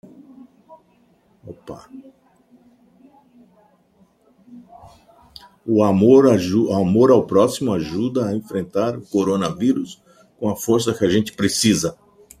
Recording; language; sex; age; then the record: spoken sentence; Brazilian Portuguese; male; 60 to 69 years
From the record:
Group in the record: control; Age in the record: 60 years